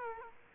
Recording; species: mosquito wingbeat signal from an infrared sensor; Culex quinquefasciatus